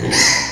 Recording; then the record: squeal of a Yucatan mini pig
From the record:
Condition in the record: before surgery on the right vocal fold (resection and tissue-engineered implant); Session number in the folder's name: 2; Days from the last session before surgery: 0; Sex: male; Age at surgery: 12 weeks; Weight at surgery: 13 kg